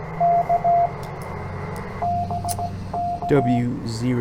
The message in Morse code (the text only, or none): K BK